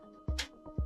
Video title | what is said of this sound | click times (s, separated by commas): Nova Prime vs. Cybertron Optimus Prime: Is Modern Engineering Actually Better? | when you hear the click, it doesn't mean that you broke it. It just means that you successfully detached it | 0.4 s